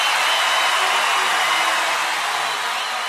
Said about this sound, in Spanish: ¡Fuerte ese aplauso!